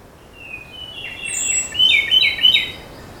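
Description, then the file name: Ryukyu robin gives a drawn-out thin whistle that runs into a quick, rattling string of sharp notes growing louder toward the end. Recorded on Nakanoshima, Japan, on 25 May 2025. "akahige 20250525 nakanoshima sekishinichi"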